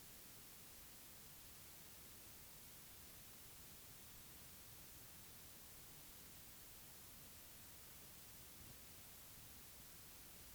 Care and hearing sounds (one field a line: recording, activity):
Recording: daily activity, guitar pickup as the sensor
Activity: lie down